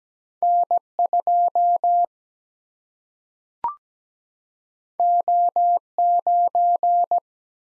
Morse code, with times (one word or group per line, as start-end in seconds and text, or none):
0.4-0.8 N
1.0-2.0 2
5.0-5.8 O
6.0-7.2 9